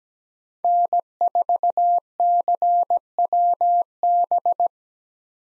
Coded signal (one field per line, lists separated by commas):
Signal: Morse code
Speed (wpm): 17 wpm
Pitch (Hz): 700 Hz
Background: none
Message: N4CWB